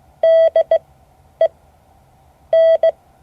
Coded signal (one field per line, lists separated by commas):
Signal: Morse code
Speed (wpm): 17 wpm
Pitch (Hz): 650 Hz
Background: none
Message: DE N